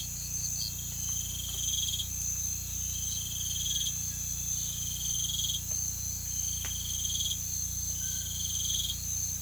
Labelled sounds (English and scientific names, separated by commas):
none